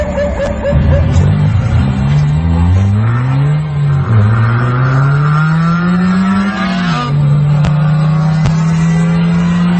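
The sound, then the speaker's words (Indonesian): Juan's car drones loudly and continuously on a long journey, its engine pitch climbing as it accelerates, dipping briefly at each gear shift before settling into a steady hum, with no voices. “Panjang perjalanan, dimanapun mobil Juan berhenti, ia melihat sosok Rani di jalan, di toko, di trotoar, dan terkadang duduk di jok belakang mobilnya hingga hampir oleng.”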